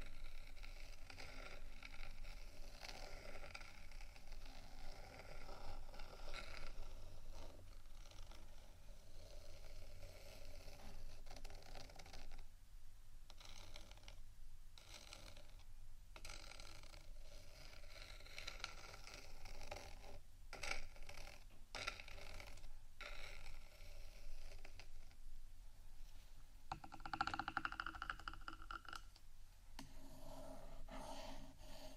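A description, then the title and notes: Continuous scratching and tapping on a decorated microphone, dense rustling with brief sharp clicks and a louder scrape burst near twenty-seven seconds. ASMR Rhinestone Embellished 3dio Mic Scratchingtapping（No Talking）.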